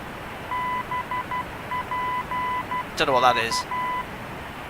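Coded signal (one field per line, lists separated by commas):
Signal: Morse code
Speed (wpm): 12 wpm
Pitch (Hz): 1000 Hz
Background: speech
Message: BPK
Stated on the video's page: Heard in the X-Plane 12 flight simulator in a Boeing 747-200 Freighter.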